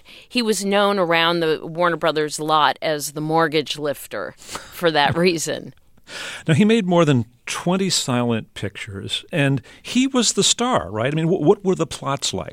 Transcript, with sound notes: He was known around the Warner Brothers lot as the mortgage-lifter for that reason.
[SOUNDBITE OF LAUGHTER] Now, he made more than 20 silent pictures, and he was the star, right? I mean, what were the plots like?